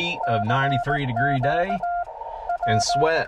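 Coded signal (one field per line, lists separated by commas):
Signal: Morse code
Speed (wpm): 18 wpm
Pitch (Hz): 700 Hz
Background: speech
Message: CQ W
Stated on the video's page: CW Parks on the Air activation on 17m from a Jeep, using a Yaesu FT-891 and ATAS-120A antenna on battery power.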